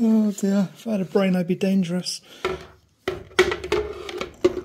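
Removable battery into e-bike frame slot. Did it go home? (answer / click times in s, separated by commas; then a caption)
yes / 3.4 s. Someone talks, then a removable battery is slid into the frame slot of a Cyrusher Ovia e-bike after first being tried the wrong way round. A string of sharp knocks starts around 3.1 s, and the battery seats with a distinct click at 3.4 s, followed by a few lighter knocks.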